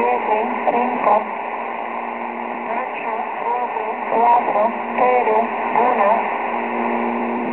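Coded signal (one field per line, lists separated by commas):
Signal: numbers station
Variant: V2a, Spanish female voice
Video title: V2a Numbers station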